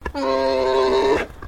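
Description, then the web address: Alpaca call: one sustained, harmonic tone lasting about a second, steady then slightly rising at the end, with brief soft noises before and after. Male alpaca giving a mating call. "Sound Effects-Foundation 1 ANIMAL ALPACA MALE MATING CALL"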